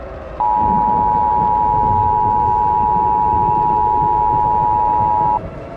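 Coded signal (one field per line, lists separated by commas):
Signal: Emergency Alert System (SAME) tones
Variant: 853 and 960 Hz attention tone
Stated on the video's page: Fictional EAS scenario, final part of a story series, not a real broadcast.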